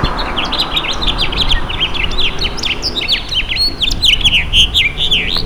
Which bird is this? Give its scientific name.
Haemorhous mexicanus